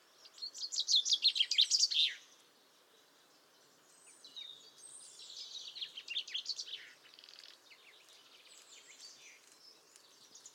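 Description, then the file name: Common chaffinch song, a fast phrase of bright notes in the opening two seconds, followed by softer twittering. "Fringilla coelebs"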